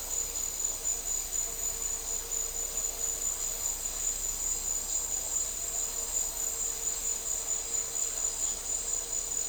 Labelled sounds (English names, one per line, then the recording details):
none
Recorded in dense forest near Puerto Asís, Putumayo, Colombia, on 4 March 2025 at 10:30
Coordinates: 0.467, -76.328
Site G041